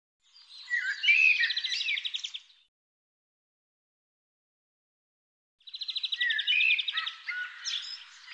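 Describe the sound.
Bird giving two rich phrases of trills and twittering whistles, with a pause of about three seconds between them.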